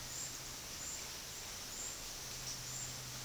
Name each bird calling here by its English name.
none